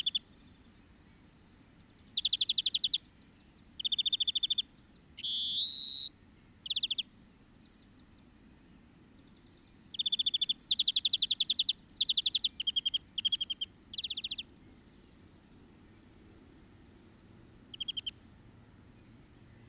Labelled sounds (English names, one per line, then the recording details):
European Greenfinch call
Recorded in the wild
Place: Garmisch-Partenkirchen, Bayern, DE
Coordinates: 47.4919, 11.0742
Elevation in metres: 707
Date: 1967-03-26
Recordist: Tretzel, Erwin